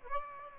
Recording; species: mosquito wingbeat signal from an infrared sensor; Aedes aegypti